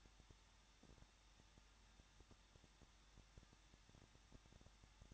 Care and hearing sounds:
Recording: daily activity, microphone in the room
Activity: no activity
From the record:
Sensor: 3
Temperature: 21.2 degrees Celsius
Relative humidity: 36.3%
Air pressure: 1006.2 hPa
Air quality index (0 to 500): 221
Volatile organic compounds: 41 ppm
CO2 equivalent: 3160 ppm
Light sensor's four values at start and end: 2/3/2/2 and 2/3/2/2

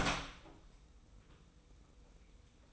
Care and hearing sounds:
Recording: daily activity, microphone in the room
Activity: open door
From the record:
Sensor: 1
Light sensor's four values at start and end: 33/74/32/35 and 32/74/32/34

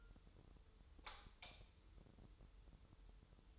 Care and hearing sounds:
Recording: daily activity, microphone in the room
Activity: light off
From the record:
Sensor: 3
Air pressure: 988.4 hPa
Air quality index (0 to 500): 192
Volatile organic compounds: 274 ppm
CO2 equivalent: 4421 ppm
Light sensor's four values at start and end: 10/28/11/11 and 8/19/8/8

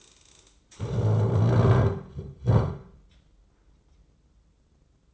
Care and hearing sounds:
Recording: daily activity, microphone in the room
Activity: stand up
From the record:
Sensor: 3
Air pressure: 995.9 hPa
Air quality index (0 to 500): 246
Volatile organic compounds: 1000 ppm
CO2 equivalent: 6281 ppm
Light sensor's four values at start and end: 38/93/41/44 and 37/89/39/42

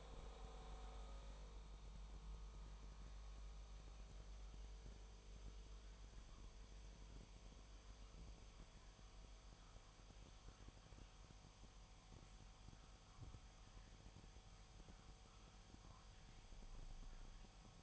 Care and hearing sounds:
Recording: daily activity, microphone in the room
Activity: make coffee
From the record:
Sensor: 1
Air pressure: 1002.0 hPa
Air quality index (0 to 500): 242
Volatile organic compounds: 47 ppm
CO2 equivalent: 3260 ppm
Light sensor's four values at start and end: 8/28/10/11 and 8/28/10/11

